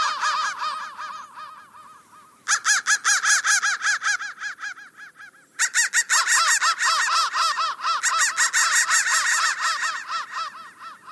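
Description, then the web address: Crow caws, harsh and rapidly repeated, softer at first, then louder from about two and a half seconds, dipping briefly and surging again. "soundfactory crow 1"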